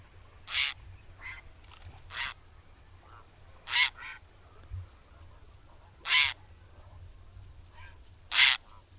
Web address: agykontroll Madardalok Cd 3. Szürke gém